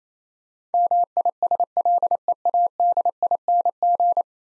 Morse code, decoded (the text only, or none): MISLEADING